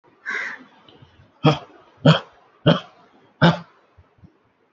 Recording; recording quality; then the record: shallow voluntary cough; moderate, slight background noise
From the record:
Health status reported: healthy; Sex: male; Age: 57 years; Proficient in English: yes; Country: India